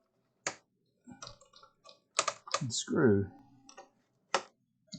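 A cheap torque-limiting screwdriver drives a screw into the electronics case of a Bose CineMate 520 surround sound system during a repair, turning until it slips at its setting. Sharp ticks and short bursts are heard around 0.5, 1.2, 1.9, 2.2 and 3.7 seconds while someone talks. A loud click at 4.4 seconds confirms the screwdriver has reached its torque setting.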